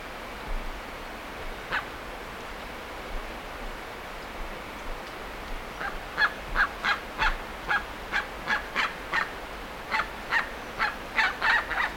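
Bird calls: a few scattered harsh notes early, then from midway a rapid run of grating notes, roughly three per second, over a noisy background.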